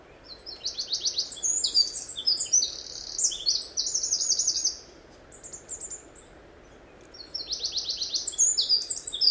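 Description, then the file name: Eurasian wren song in two bursts of fast, very high trills and chattering notes, separated by a few seconds of pause, over faint background hiss. "Troglodytes troglodytes"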